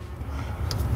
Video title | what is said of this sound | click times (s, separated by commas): OFFICIAL VIDEO: How To Install a Dynojet Power Vision 3 | Push to hear the click, and it is connected. | 0.7 s